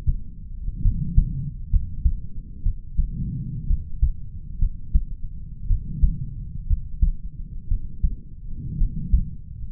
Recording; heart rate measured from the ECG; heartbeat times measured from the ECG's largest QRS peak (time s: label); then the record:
heart sounds by stethoscope; 60 bpm
0.83 s: heartbeat
1.71 s: heartbeat
2.63 s: heartbeat
3.68 s: heartbeat
4.60 s: heartbeat
5.68 s: heartbeat
6.68 s: heartbeat
7.69 s: heartbeat
8.78 s: heartbeat
From the record:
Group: healthy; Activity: rest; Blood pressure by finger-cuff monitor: 110/87 mmHg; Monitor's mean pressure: 96 mmHg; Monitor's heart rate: 65 bpm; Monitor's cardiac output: 4.8 L/min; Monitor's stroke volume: 74 mL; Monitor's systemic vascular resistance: 1480 dyn s/cm5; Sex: male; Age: 20 years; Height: 187 cm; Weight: 68.9 kg